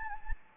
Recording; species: mosquito wingbeat signal from an infrared sensor; Anopheles gambiae